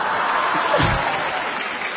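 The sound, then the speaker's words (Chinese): An audience claps steadily, a dense crackling wash of many hands that holds an even loudness throughout, with a brief low thump partway through and no one speaking. “我都不知道他说的什么意思，你们就鼓掌啊。”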